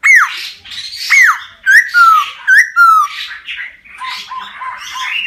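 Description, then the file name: Laughingthrush singing loud descending whistles and slurred notes, followed by a short series of repeated notes. Song described as 'giong rung', wild voice style. "Tieng khuou hot giong rung"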